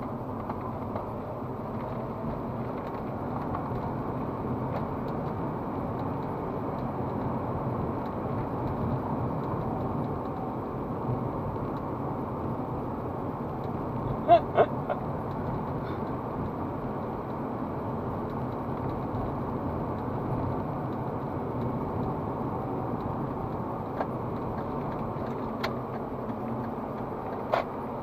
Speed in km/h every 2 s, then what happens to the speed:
26, 28, 27, 33, 34, 30, 32, 31, 30, 30, 32, 32, 32, 30.
0-8 speeds up to 34. 8-28 steady at about 31.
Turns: 1-25.